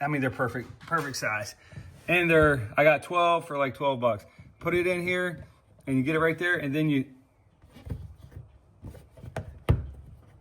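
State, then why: Not seated. A plastic scupper plug is being pushed down into the molded scupper hole of a Bonafide XTR130 kayak while someone talks about it. After the talking, faint handling noises and two sharp short knocks are heard near 9.4 and 9.7 seconds. Nothing has seated or clicked yet, and the plug is not home.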